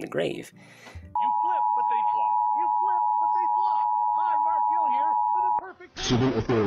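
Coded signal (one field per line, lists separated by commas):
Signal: Emergency Alert System (SAME) tones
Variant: 853 and 960 Hz attention tone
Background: speech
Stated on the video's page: Fictional EAS scenario videos using valid EAS tones.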